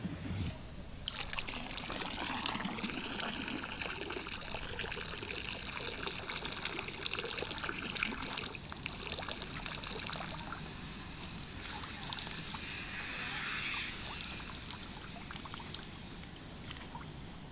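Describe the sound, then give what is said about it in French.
Liquid is poured out as an offering to Mam Kumba Bang in a steady, continuous trickle and splash lasting throughout, with a bright gurgling quality and no voices. “Et on reverse tout dans le.”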